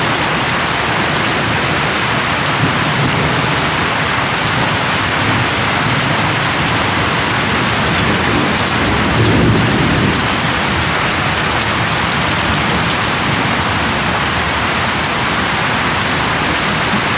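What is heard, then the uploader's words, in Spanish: Torrential rain pours onto a metal farm roof at night, a dense, steady hiss of countless drops across the whole 17 seconds. Around the ninth second a low rumble swells briefly beneath the downpour, then fades back into the constant drumming. Lluvia torrencial y los truenos sobre el tejado metálico de una granja por la noche. El sonido relajante de la lluvia cayendo y los truenos distantes.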